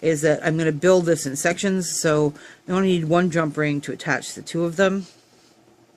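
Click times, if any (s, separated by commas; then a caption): none. Someone talks while working with a wire jump ring and pliers to link sections of S-hook chain. The ring has not yet been closed, so nothing has clicked shut by the end, and the clip fades to near silence after about 5 seconds.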